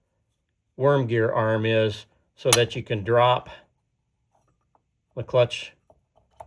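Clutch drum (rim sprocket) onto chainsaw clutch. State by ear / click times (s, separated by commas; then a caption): not seated / none. A metal chainsaw clutch drum (rim sprocket) with its needle bearing is being handled and lined up with the worm-gear arm over the chainsaw clutch while someone talks. Between the speech there are a few faint, brief metallic ticks near the end. Nothing has seated or clicked yet.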